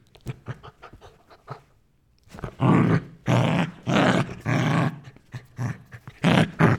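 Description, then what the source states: Dog growling and snarling, starting with short clipped grunts, then a pause and a run of louder, longer rasping snarls in quick succession. Dog growling, snarling and grumbling.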